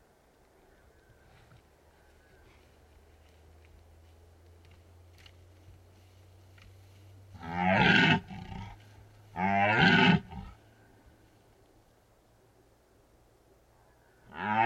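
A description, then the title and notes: A red deer stag in rut gives two loud, rough roars around eight and ten seconds over a low steady hum, another beginning at the end. Red deer stags rutting in the Carpathian Mountains, Bucovina, Romania. Red Deer Rut In Bucovina.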